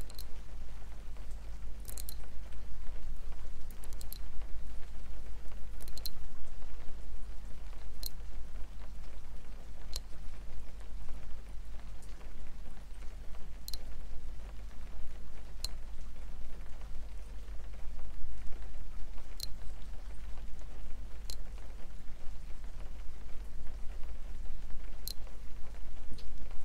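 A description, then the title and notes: Slow, evenly spaced glass taps ring out about every two seconds over a steady low hum and soft, constant rain-like hiss. ASMR slow rhythmic glass tapping & rain - no talking.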